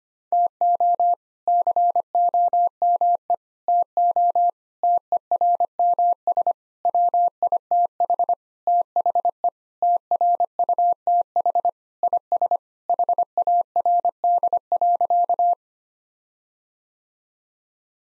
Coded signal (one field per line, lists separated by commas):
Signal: Morse code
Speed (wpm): 25 wpm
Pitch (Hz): 700 Hz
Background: none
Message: TO COME TO TERMS WITH THE TRUTH IS HARD.